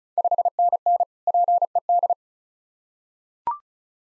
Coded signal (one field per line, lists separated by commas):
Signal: Morse code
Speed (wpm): 36 wpm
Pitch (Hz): 700 Hz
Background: none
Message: 5NN PED